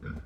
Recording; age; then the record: pig call; growing-finishing pig (85 days or more)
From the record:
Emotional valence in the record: positive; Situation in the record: run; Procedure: transit